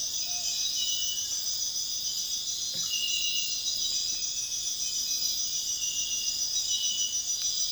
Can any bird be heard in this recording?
no